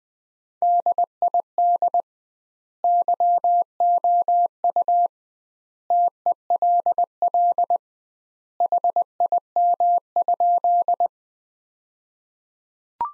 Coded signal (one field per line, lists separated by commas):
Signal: Morse code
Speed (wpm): 21 wpm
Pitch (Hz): 700 Hz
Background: none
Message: DID YOU TELL HIM?